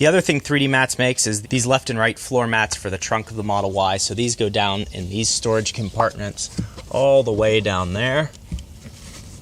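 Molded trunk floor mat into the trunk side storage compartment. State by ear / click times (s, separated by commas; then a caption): seated / 8.6 s. Someone talks as a molded 3D Mats left or right trunk floor mat for a Model Y is pressed all the way down into a trunk-side storage compartment. A single short click at 8.6 s marks the mat locking into place.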